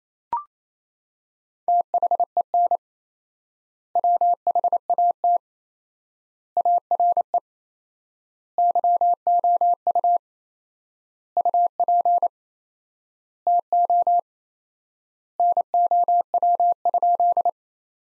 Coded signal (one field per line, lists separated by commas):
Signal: Morse code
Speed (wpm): 28 wpm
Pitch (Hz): 700 Hz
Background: none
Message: THEN WHAT ARE YOU UP TO NOW?